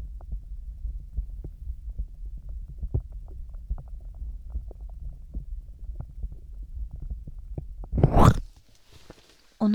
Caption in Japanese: 心臓の音とかも結構取れるんだよね。 腹っていろんな音がするよね。